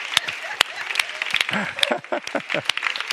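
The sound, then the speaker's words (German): An audience at a church sermon applauds the Lord with steady, dense clapping and a few sharp, louder claps standing out, while voices shout and call out over the applause in the middle. “Ja, okay, gib dem Herrn einen Applaus.”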